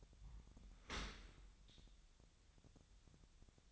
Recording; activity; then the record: daily activity, microphone in the room; open dishwasher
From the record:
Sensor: 3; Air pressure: 1006.7 hPa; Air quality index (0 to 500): 208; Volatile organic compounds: 19 ppm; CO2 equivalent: 2651 ppm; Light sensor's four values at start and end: 11/25/10/10 and 10/25/10/10